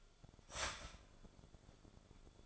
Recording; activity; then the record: daily activity, microphone in the room; start toaster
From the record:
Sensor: 5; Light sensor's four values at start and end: 16/37/14/13 and 16/37/14/13